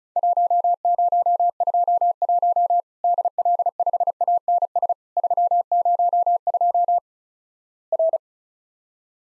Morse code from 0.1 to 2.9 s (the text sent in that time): 1021